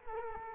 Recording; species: mosquito wingbeat signal from an infrared sensor; Culex quinquefasciatus